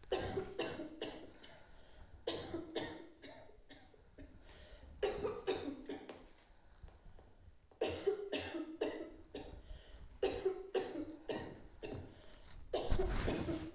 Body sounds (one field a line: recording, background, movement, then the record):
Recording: deep breathing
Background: a bystander coughing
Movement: sitting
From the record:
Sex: female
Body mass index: 18.3 kg/m2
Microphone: on the chest, facing outward